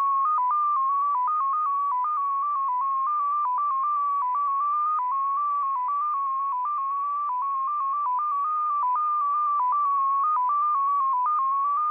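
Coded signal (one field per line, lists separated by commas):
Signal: numbers station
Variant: XPA2 MFSK data mode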